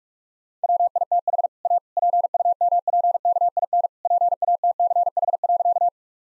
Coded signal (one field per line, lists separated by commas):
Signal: Morse code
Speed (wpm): 44 wpm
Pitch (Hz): 700 Hz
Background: none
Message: WITH A PUMPKIN PATCH.